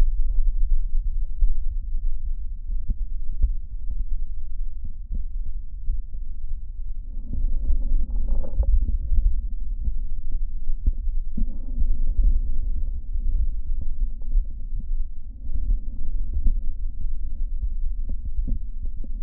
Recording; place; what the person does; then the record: lung sounds by stethoscope; right posterior basal chest; quiet breathing, then deep breathing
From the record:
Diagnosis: asthma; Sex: female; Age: 72 years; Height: 160 cm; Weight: 63.4 kg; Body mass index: 24.8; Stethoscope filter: diaphragm mode